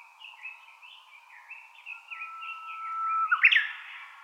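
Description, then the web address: Japanese bush warbler giving a string of bubbling, wavering notes, then a long steady whistle that ends in an abrupt, loud explosive phrase. Recorded 22 April 2013. "birdenaga uguisu S 130422"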